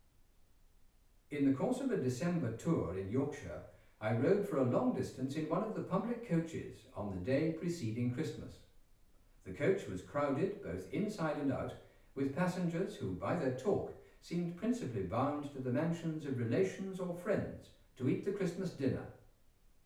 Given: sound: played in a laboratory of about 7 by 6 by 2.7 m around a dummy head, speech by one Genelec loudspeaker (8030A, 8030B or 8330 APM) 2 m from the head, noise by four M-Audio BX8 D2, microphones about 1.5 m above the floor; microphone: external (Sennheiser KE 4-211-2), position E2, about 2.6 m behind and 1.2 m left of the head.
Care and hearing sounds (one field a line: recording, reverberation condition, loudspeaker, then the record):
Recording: male speech in English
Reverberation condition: medium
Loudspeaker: 60 degrees to the right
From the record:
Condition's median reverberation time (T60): about 510 ms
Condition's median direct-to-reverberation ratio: about -0.5 dB